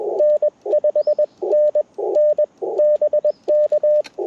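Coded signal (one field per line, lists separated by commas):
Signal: Morse code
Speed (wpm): 21 wpm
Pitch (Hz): 600 Hz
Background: radio noise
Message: N5 N N BK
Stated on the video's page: Parks on the Air CW activation lasting 70 minutes on an Icom IC-705 with a PackTenna Random wire antenna.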